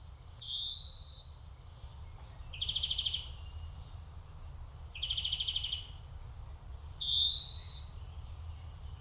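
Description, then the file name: European Greenfinch with a drawn-out rising wheeze, two rapid buzzy trills, then another wheeze, each phrase separated by short pauses, low rumble beneath. "Chloris chloris"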